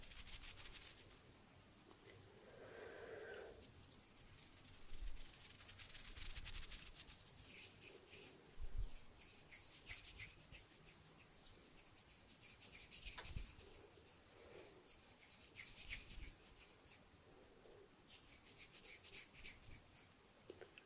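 Hands rub and flutter around the mic, producing dense, bright scratchy rustling that swells and fades through the whole stretch. Sharp snaps cut in occasionally, the clearest around 9 and 13 seconds, and a short low-pitched tone sounds near 3 seconds.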